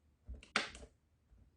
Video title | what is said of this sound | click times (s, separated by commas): COMMENT FAIRE VOS POCHES POUR BAIN DERIVATIF | Que ça clipse bien. Voilà. | 0.4 s, 0.6 s